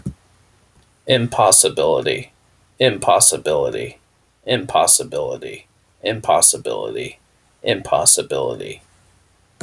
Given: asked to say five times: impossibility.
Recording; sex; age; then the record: repeated word; male; 30 to 39 years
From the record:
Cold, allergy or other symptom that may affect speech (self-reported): no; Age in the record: 31 years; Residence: South Carolina, United States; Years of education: 16